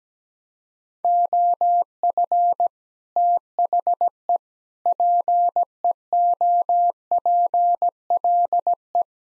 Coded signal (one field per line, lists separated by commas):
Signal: Morse code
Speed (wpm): 17 wpm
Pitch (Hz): 700 Hz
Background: none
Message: OF THE PEOPLE